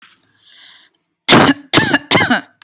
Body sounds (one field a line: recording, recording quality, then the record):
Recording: shallow voluntary cough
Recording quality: excellent, no background noise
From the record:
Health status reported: healthy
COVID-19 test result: negative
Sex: female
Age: 26 years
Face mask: not worn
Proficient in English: yes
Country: United States